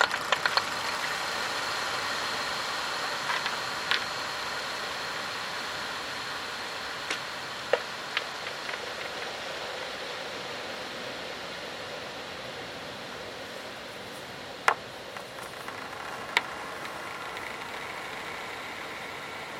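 Stones and pebbles on a shore make a steady, dense hiss that slowly fades over the twenty seconds. Sharp clicks and knocks break through now and then, most clearly near the start and around the fourth, eighth, fifteenth and sixteenth seconds.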